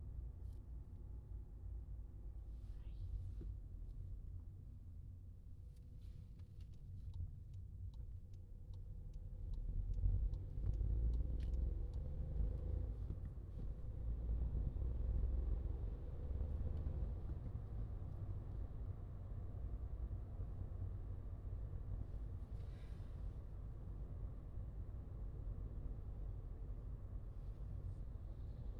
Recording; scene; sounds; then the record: everyday scene through a hearing-aid microphone; in a vehicle; engine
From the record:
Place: Skoda Fabia, gasoline engine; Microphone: in the ear canal, left